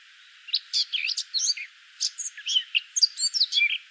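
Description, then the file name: Eurasian blackcap song: a rapid, varied warble of fluty whistles and scratchy notes in quick bursts, with a brief pause midway. "Sylvia atricapilla"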